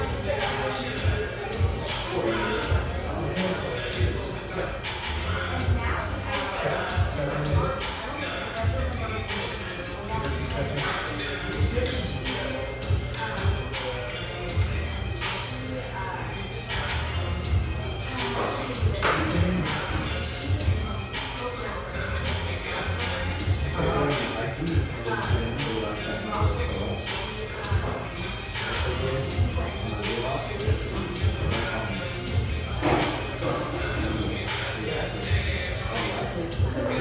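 A busy family coffee shop in Sellwood, Portland, filled with steady overlapping chatter that never lets up. Frequent sharp clinks and clatters of cups and dishes pop through throughout, over a constant low hum underneath.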